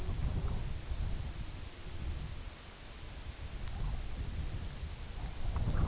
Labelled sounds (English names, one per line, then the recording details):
none
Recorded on Arctic tundra, site UTQI-2, on 15 June 2019
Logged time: 02:00